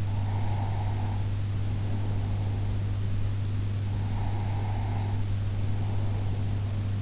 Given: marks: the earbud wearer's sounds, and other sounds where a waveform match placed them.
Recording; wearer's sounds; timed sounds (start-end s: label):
sounds in sleep by an in-ear microphone; breath
0.00-2.97 s: breath
3.91-6.69 s: breath